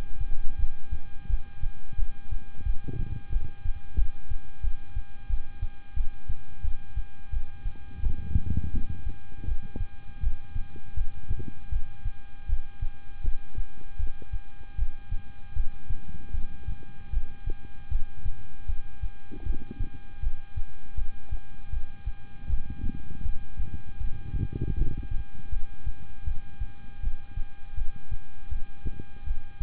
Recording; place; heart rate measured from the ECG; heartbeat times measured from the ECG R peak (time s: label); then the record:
heart sounds by stethoscope; between the tricuspid and mitral areas; 82 bpm
0.56 s: heartbeat
1.27 s: heartbeat
1.96 s: heartbeat
2.63 s: heartbeat
3.30 s: heartbeat
3.96 s: heartbeat
4.61 s: heartbeat
5.27 s: heartbeat
5.94 s: heartbeat
6.61 s: heartbeat
7.30 s: heartbeat
8.00 s: heartbeat
8.71 s: heartbeat
9.45 s: heartbeat
10.20 s: heartbeat
10.94 s: heartbeat
11.69 s: heartbeat
12.46 s: heartbeat
13.21 s: heartbeat
13.97 s: heartbeat
14.75 s: heartbeat
15.53 s: heartbeat
16.31 s: heartbeat
17.10 s: heartbeat
17.89 s: heartbeat
18.66 s: heartbeat
19.43 s: heartbeat
20.20 s: heartbeat
20.95 s: heartbeat
21.70 s: heartbeat
22.47 s: heartbeat
23.23 s: heartbeat
23.98 s: heartbeat
24.75 s: heartbeat
25.50 s: heartbeat
26.24 s: heartbeat
27.00 s: heartbeat
27.75 s: heartbeat
28.49 s: heartbeat
29.24 s: heartbeat
From the record:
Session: rest, lying down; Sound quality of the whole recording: good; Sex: male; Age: 26 years